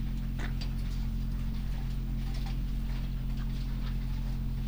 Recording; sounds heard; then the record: poultry house recording; sick chickens (respiratory disease)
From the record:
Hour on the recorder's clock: 22